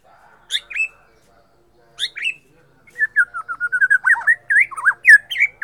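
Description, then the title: White-rumped shama song: a few sharp chirps with pauses, then a rapid flowing run of whistled, upslurred and looping notes. Borneo form. "MURAI BORNEO MAS KIKI"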